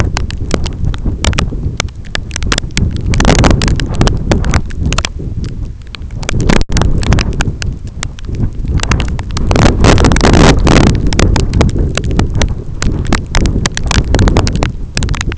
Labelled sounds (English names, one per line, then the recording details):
none
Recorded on Arctic tundra, site EABA-1, on 25 June 2018
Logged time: 06:00